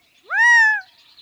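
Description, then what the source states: Gambel's Quail, one clear slurred note that rises quickly, then holds level for about half a second before ending. Sonoran Desert.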